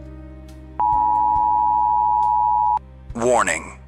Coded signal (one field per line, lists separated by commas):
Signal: Emergency Alert System (SAME) tones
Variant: 853 and 960 Hz attention tone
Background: speech, music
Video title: Alien Entities Suddenly Appear | EAS Alert - Fictional Radio broadcast